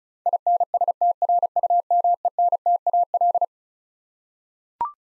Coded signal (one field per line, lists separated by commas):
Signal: Morse code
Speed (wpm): 36 wpm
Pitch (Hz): 700 Hz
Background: none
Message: INSTRUMENTAL